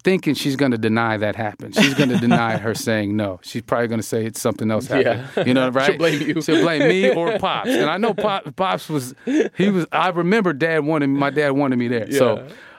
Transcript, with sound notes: But I'm thinking she's going to deny that happened. She's going to deny her saying no. She's probably going to say something else happened.
Yeah.
You know, right?
She'll blame you (laughter).
She'll blame me or Pops. And I know Pops was - he was - I remember Dad wanted - my dad wanted me there.
Yeah.